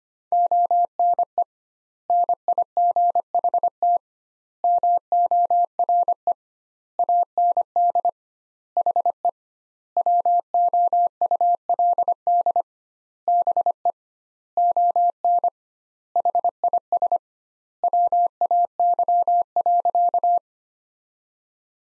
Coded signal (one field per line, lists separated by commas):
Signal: Morse code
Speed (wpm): 25 wpm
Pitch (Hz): 700 Hz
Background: none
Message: ONE NIGHT MORE AND HE WOULD BE ON HIS WAY.